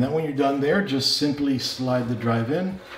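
Someone talks while an SSD drive is being handled for sliding into a case drive bay, inside a Raijintek Ponos PC case. The clip ends before the drive goes home, so nothing has seated or clicked yet.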